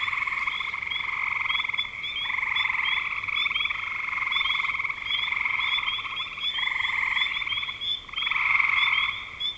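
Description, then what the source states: Frogs trilling in a dense chorus, long buzzy pulsed calls with only a few brief pauses, scattered high chirps above. Recorded in spring 2025.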